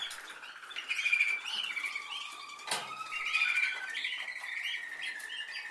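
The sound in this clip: Canary song in softer, broken phrases: short high chirps and brief trills with pauses between, plus a sharp click near the middle.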